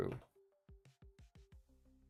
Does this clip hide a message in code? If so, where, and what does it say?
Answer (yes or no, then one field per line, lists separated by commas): no